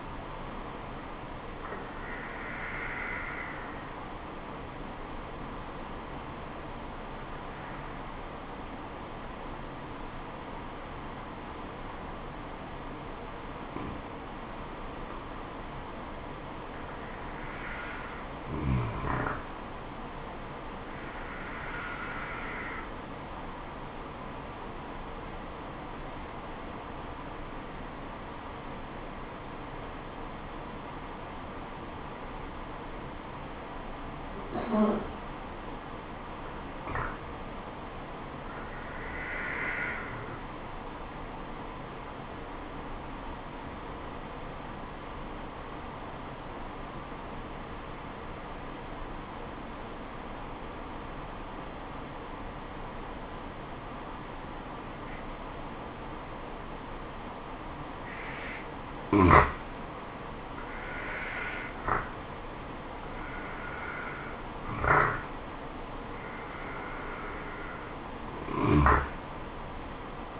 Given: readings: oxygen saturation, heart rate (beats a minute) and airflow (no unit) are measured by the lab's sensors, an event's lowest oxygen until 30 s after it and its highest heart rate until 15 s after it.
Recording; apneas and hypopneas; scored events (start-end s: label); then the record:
breathing in sleep by a voice recorder at the bedside; 3
3.00-16.40 s: obstructive apnea (N1, oxygen 94% highest, then 93% lowest, heart rate 72 at the start, 81 highest)
19.00-70.40 s: new sleep stage, N2 (light sleep)
26.00-39.90 s: obstructive apnea (N2, oxygen 95% highest, then 89% lowest, heart rate 71 at the start, 75 highest)
44.00-63.00 s: obstructive apnea (N2, oxygen 94% highest, then 86% lowest, heart rate 67 at the start, 77 highest)
From the record:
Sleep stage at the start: N1 (lightest sleep); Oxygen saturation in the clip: 88 to 96%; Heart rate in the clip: 63 to 81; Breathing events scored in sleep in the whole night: 426 in 7.4 hours asleep